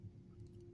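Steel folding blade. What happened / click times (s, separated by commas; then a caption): Handled, not yet home: no detent click heard yet / none. The main steel blade of a Victorinox Climber folding multitool pocket knife is handled as it is opened on its backspring toward the half-notch position. Only a low steady hum and faint soft handling noises are heard. Nothing has clicked into the half-stop detent yet, and the blade does not lock there.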